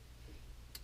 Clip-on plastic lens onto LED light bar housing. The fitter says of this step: some options so you can just it just snaps right in there